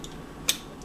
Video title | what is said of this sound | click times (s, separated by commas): Cooking Wth Menik Ep. 2 - Tuna Fish Sandwich | top of the can hear the snap that means it's good to go and then you just twist | 0.5 s